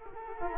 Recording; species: mosquito wingbeat signal from an infrared sensor; Culex quinquefasciatus